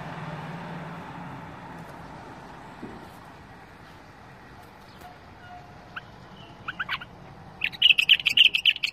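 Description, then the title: Bulbul song: after several seconds of steady low hum, scattered chirps build into a fast, bright warbled phrase at the very end. "اجمل تغريد بلبل بدون اخطاء بلبل طور"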